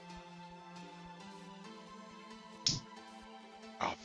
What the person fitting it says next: very satisfying snap.